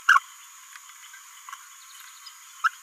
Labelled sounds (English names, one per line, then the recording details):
Green-rumped Parrotlet babbling
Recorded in a nest box in Venezuela
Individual 18B17A4